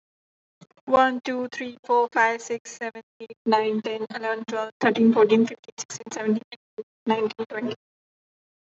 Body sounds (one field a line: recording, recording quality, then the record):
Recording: counting at a fast pace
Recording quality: excellent, no background noise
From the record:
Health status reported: healthy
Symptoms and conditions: none ticked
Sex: female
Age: 23 years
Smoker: not ticked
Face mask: not worn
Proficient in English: yes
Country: India